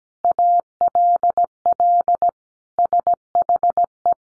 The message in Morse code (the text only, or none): ALL SHE